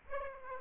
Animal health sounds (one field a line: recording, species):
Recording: mosquito wingbeat signal from an infrared sensor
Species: Aedes aegypti